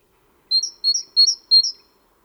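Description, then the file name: Great tit singing four rapid two-part phrases, a short lower note followed by a higher whistle, evenly repeated against a quiet background. "Parus major"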